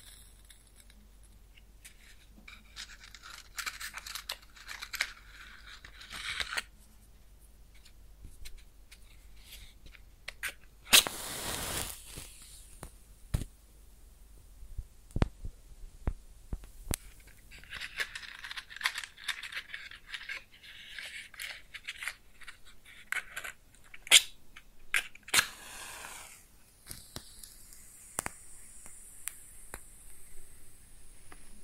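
Close-up match lighting and extinguishing: sharp scratchy flares of hiss burst out near 11 and 25 seconds. Between them come stretches of soft, fizzy crackling and sizzling, dotted with sparse dry clicks and pops, over an otherwise quiet background.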